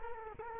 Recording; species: mosquito wingbeat signal from an infrared sensor; Culex quinquefasciatus